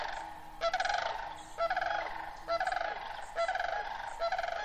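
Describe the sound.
Sandhill cranes giving loud, rolling, trumpeting rattles in pulsed bursts, roughly one per second.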